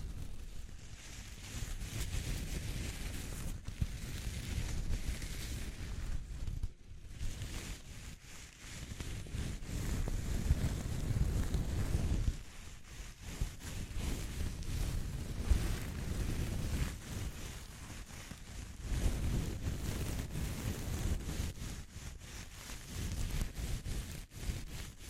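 A rough, wind-like roar dominates, heavy in the low end with a thinner hiss riding above. It swells and eases in slow waves, with brief dips near 7 and 12 seconds and stronger surges around 10 and 20 seconds.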